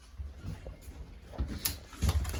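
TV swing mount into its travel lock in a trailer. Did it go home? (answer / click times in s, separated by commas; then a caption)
no / none. A TV on a swing mount in a 2026 Intech OVR Expedition trailer is handled and pushed toward its travel lock. Soft knocks and handling bumps lead into sharper clicks near 1.7 s and 2.3 s. Nothing has seated or clicked locked yet.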